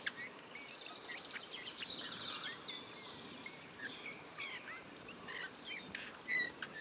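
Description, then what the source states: Eurasian bullfinch soft warbling song, a busy jumble of thin twittering and scratchy notes with short whistles, over steady background hiss. Male in breeding plumage perched on budding blackthorn, La Sarcena, Drôme, France, 15 March 2020; a few calls then soft, barely audible warble; Nagra Seven recorder with Telinga Pro7 parabola.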